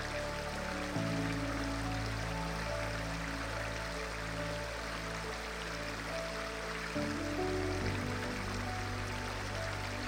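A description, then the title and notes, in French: A river murmurs steadily throughout, a dense, even rush of flowing water. Beneath it, soft music holds long, low sustained chords that shift to new notes at about one second and again near seven seconds. Les Sons Apaisants de la RIVIERE et une MUSIQUE Relaxante. Plongez dans le doux murmure des Sons Apaisants de la Rivière, harmonieusement mariés à une Musique Relaxante.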